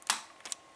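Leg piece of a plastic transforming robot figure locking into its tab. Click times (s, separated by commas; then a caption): 0.1 s. The leg piece of a plastic Transformers Combiner Wars Leader Megatron figure is flipped up from underneath during transformation until it locks into its tab. A sharp, bright click at 0.1 s marks the joint locking into place, followed by two softer clicks around 0.45 and 0.52 s.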